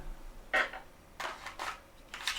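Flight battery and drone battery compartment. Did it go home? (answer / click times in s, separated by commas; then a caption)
no / none. A spare Plus flight battery and a DJI Mini 3 Pro drone are handled as the drone is turned upside down before the battery slides into its compartment. Only small, soft handling knocks are heard, with sharper ones near 0.5, 1.5, 2.1 and 2.3 seconds. The battery has not seated or clicked in yet.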